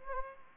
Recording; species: mosquito wingbeat signal from an infrared sensor; Anopheles gambiae